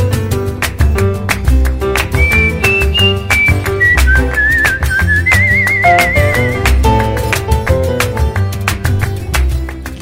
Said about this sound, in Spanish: Y en la escalera me siento a silbar mi melodía.